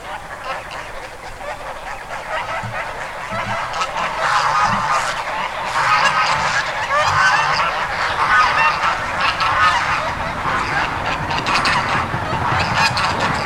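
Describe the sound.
Goose: geese calling, the honking swelling from quieter scattered notes into a loud, continuous flock chorus after a few seconds.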